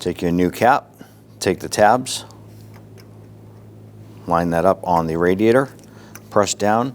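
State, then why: Not seated. A new radiator cap for a 1992-1996 Toyota Camry 2.2L I4 is held by its tabs and lined up on the radiator filler neck, ready to be pressed down and turned clockwise to lock. Someone talks, with faint short ticks at about 2.8 and 3.0 seconds in the pause. Nothing has seated or clicked yet.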